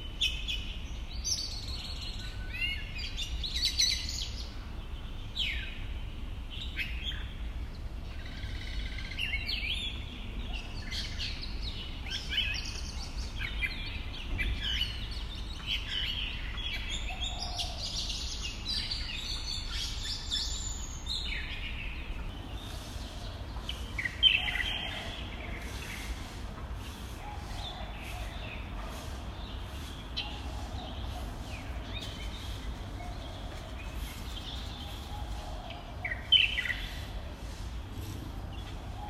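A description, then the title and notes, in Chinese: Bird neighbours chatter through the morning, dense overlapping chirps and calls filling the whole stretch over a low, steady background hum, with two sharper calls late on. 正在開早茶會的飛行動物鄰居們。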